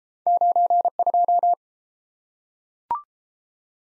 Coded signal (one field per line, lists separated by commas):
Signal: Morse code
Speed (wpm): 30 wpm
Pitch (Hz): 700 Hz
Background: none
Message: 92